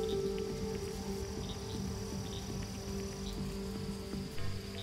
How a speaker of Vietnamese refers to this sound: Ở bên ngoài trời cũng đã dần tạnh mưa. Tiếng ếch nhái ẩn ương kêu lên làm tăng thêm sự buồn khổ cho một gia đình vừa mất đi người thân.